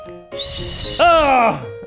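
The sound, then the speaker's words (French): A loud, shrill human whistle holds a steady high pitch for under a second, then turns into a lower, buzzier tone that bends upward slightly before stopping abruptly. “Tandis que quand tu siffles avec le strident”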